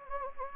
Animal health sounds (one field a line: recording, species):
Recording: mosquito wingbeat signal from an infrared sensor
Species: Anopheles gambiae